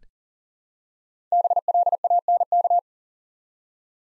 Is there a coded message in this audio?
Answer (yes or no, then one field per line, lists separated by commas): yes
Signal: Morse code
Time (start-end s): 1.3-2.8 s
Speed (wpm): 40 wpm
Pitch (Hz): 700 Hz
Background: none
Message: BLANK